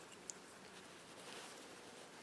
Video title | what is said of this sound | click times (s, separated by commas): How To Winterize Your Irrigation Lines And Garden Hoses | get it in there until it pops there's | 0.3 s